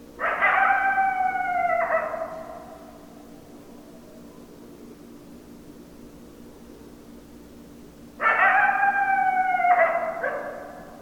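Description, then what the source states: Coyote giving two long, level howls, each about two seconds long and ending in a brief, wavering catch, separated by roughly six seconds of quiet hum. Several coyotes, recorded 10 December 2012.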